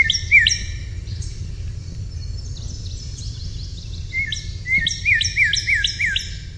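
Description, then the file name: Northern cardinal singing two bursts of slurred whistles, a short pair at the start and a longer series of falling notes later, over steady low background noise. "NOCA song"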